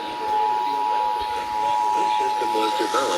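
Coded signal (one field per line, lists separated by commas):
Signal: Emergency Alert System (SAME) tones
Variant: 853 and 960 Hz attention tone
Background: speech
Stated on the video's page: National periodic test.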